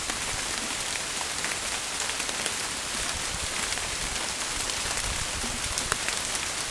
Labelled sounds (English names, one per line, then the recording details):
none
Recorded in dense forest near Puerto Asís, Putumayo, Colombia, on 29 June 2025 at 13:30
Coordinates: 0.503, -76.323
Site G059